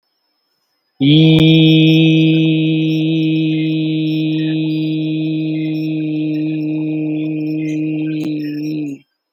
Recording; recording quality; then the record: sustained vowel as in beet; excellent, no background noise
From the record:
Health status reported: healthy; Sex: male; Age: 35 years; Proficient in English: yes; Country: India